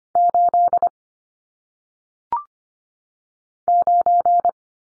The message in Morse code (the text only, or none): 8 9